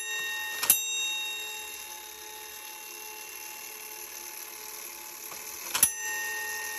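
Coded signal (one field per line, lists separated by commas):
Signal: coded fire alarm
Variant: Gamewell fire station gong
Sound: large gong bell struck twice about five seconds apart, long ringing decay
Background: small room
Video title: 1890’s GEO. M. STEVENS Fire Station Gong Bell and Gamewell Fire Alarm.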